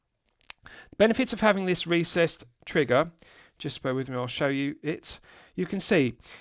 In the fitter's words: Nice heavy clicks.